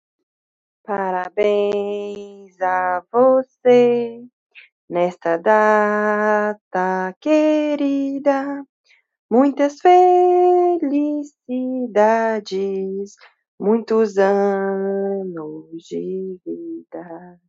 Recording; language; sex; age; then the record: short text; Brazilian Portuguese; female; 30 to 39 years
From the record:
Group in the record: control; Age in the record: 32 years